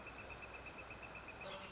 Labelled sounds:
Northern Flicker
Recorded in Sonoma County, California

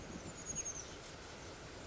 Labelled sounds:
Oak Titmouse
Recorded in Sonoma County, California

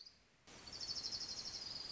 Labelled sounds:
Orange-crowned Warbler
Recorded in Sonoma County, California

